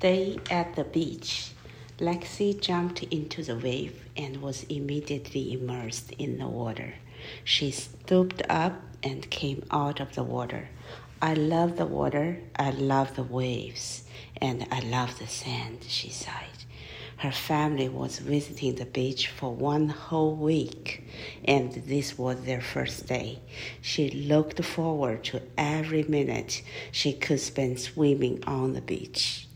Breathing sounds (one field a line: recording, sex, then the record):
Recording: reading aloud after running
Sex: female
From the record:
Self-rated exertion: light exertion (2 of 6)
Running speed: 5 miles an hour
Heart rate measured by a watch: 78 beats a minute at the start, 83 at the end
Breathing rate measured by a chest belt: 17 breaths a minute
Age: 56 years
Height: 158 cm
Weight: 68 kg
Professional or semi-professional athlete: no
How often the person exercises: 3 to 5 times a week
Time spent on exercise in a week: 2 to 3 hours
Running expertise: no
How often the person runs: 3 to 5 times a week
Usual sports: running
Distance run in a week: 30 km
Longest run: 42 km